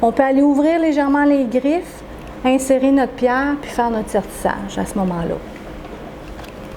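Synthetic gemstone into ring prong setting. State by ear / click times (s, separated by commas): not seated / none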